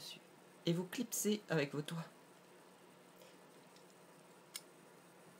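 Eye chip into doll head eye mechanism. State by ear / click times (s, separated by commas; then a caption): seated / 4.6 s. Someone talks over the first two seconds while a painted eye chip is pressed with the fingers into the plastic eye mechanism of a Taeyang doll head. After a quiet stretch, a single sharp click comes at 4.6 s as the chip clips into place and sits firmly wedged.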